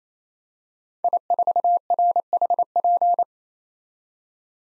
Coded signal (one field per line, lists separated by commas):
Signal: Morse code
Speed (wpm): 28 wpm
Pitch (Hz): 700 Hz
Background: none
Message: I4RHP